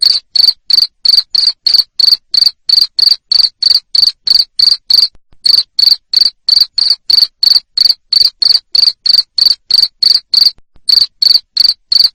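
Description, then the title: Steady cricket chirping, bright pulsed chirps repeated about three times a second, interrupted by short gaps. Loud cricket chirping used to make lovebirds sing continuously. "Suara JANGKRIK NGERIK Keras Bikin LOVEBIRD Jadi NGEKEK Terus Vubey"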